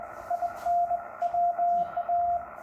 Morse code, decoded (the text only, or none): IN WA